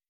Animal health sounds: hydrophone in a shrimp aquaculture tank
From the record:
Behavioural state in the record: weakened

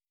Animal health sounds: hydrophone in a shrimp aquaculture tank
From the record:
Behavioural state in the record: starved

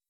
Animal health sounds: hydrophone in a shrimp aquaculture tank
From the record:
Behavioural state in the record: weakened

